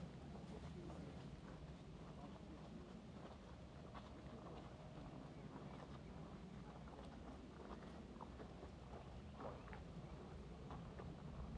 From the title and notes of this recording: Hiking in the McDowell Mountains in Phoenix, Arizona. There were a lot of other people out this day, enjoying time with family on a hike or bike ride. Some taking the Lost Dog Wash trail like myself, and others taking the Sunrise trail up to one of the summits. Walking on rocks.